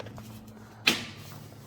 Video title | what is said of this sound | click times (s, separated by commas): Amptron PowerUp3600 Portable Power Station 3kWh Setup Guide | clip in like this and slide until it clicks. | 0.9 s